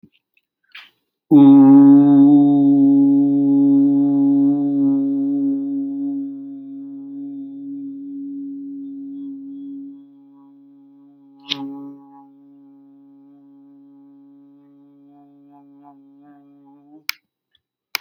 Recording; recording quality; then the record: sustained vowel as in boot; excellent, no background noise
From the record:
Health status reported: healthy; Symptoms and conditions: diabetes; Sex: male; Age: 63 years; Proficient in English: yes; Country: India